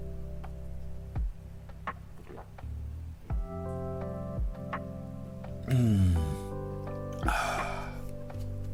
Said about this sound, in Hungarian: Iszok!